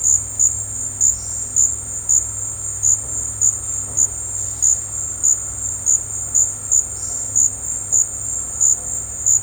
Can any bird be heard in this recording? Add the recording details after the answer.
no. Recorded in dense forest near Puerto Asís, Putumayo, Colombia, on 16 December 2024 at 14:00. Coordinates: 0.468, -76.322. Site G071